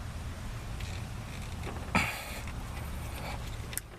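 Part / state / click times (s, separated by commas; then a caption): oxygen sensor connector into engine wiring harness connector / seated / 3.7 s, 3.8 s. The plastic wiring connector of an oxygen sensor on a Toyota Sienna is pushed by hand into its mating engine wiring harness connector over a steady low rumble, with handling noise and a louder knock near 2.0 s. Two quick, sharp clicks come at 3.7 and 3.8 seconds as the connector seats fully.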